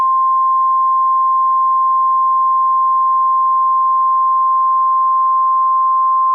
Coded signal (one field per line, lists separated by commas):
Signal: Emergency Alert System (SAME) tones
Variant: 1050 Hz attention tone